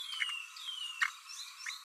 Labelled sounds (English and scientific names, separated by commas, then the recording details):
Green-rumped Parrotlet (Forpus passerinus) babbling
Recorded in a nest box in Venezuela
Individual 18B12A2